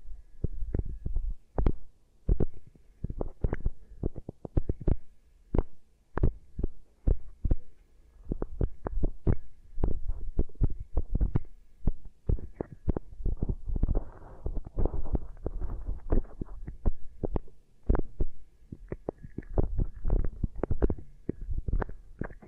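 Beeswax ear triggers: soft, muffled thumps and presses land in quick, uneven bursts throughout, heavy and low like a throbbing pulse. Between them, sticky crackling and squishing textures fill the gaps, growing denser around the middle before the taps resume.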